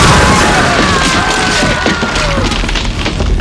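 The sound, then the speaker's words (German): A wooden gallows scaffold, struck by lightning, splinters and collapses in a loud, sustained crash, with cracking timber and heavy rumbling thuds tumbling together for several seconds without letup. “Ein Blitz ist in den Galgen eingeschlagen. Das Gerüst bricht!”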